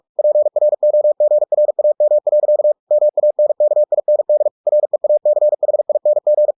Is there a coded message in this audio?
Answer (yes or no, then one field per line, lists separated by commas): yes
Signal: Morse code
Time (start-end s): 0.2-6.5 s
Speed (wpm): 46 wpm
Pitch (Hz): 600 Hz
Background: none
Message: PROGRAM. MANKIND REACHING